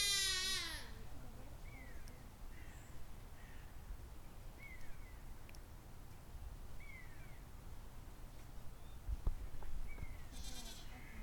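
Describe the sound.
Goat bleating briefly at the start, then short chirping bird calls scattered through a quiet background, with another short bleat near the end.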